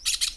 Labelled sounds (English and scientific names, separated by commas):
Brown-throated Parakeet (Eupsittula pertinax) contact call